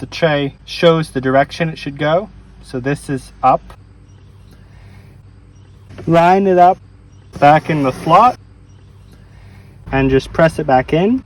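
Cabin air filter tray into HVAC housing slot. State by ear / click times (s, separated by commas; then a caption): not seated / none. A cabin air filter tray for a 2004–2010 Toyota Sienna is turned so its marked side faces up and lined up with its slot in the HVAC housing before being pressed in. Someone talks in bursts over a low steady background hum. Nothing has seated or clicked yet.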